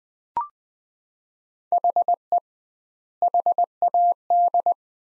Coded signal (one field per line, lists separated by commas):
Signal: Morse code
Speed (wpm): 20 wpm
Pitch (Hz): 700 Hz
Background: none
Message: HE HAD